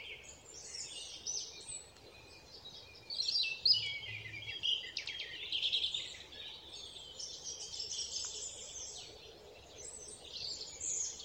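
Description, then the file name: European robin song, fairly faint: scattered high twittering phrases with pauses between them, over steady background noise. "Erithacus rubecula"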